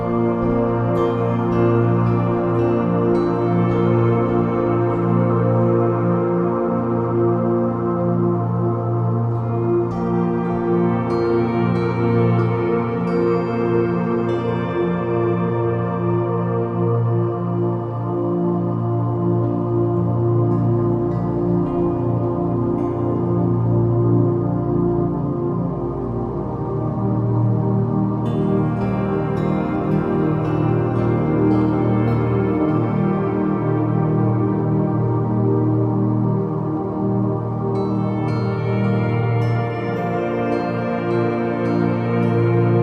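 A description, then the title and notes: A steady, layered drone of sustained tones holds at an even level throughout, dense and warm with a strong low hum. Every ten seconds or so, brighter shimmering swells rise over it and fade, near the start, around ten seconds, near thirty, and near the end. Binaural Waves.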